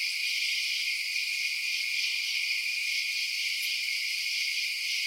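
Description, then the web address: Insects in a steady night chorus, a dense high shimmering drone holding unbroken throughout. Outdoor night ambience of insects. "Blast Wave Update 3 Night Insects"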